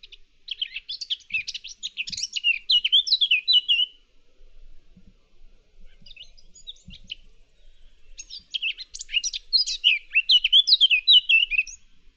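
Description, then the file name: Eurasian blackcap singing two bursts of rapid, jumbled high chattering warble, each lasting about four seconds, separated by a pause with only faint scattered notes. "Sylvia atricapilla"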